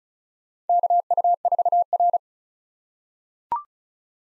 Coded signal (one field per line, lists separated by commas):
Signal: Morse code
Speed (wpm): 36 wpm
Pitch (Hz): 700 Hz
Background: none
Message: KU4R